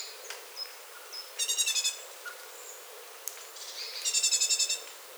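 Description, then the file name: Great tit with two runs of rapid harsh scolding notes, with a few soft clicks and thin high chirps in between. "Parus major"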